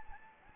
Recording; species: mosquito wingbeat signal from an infrared sensor; Anopheles gambiae